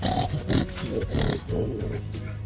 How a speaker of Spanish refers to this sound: Hay alguien resoplando por el chat, por el Skype.